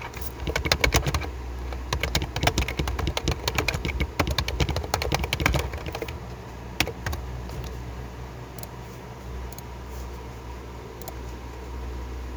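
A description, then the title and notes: Keyboard typing comes in a dense burst of quick clicks for the first six seconds, then thins to a few isolated clicks around seven, nine and eleven seconds. A steady low hum from a fan or machine runs underneath throughout. ASMR keyboard typing and mouse clicking.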